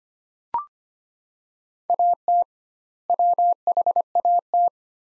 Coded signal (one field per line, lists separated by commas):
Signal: Morse code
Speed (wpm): 25 wpm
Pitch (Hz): 700 Hz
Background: none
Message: AT WHAT